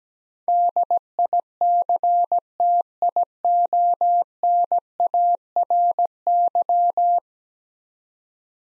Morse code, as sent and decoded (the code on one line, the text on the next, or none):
-.. .. -.-. - .. --- -. .- .-. -.--
DICTIONARY